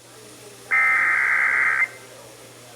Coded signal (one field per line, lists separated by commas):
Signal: Emergency Alert System (SAME) tones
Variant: header bursts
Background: speech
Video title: (EAS #629) Severe Thunderstorm Warning (WBAP-AM)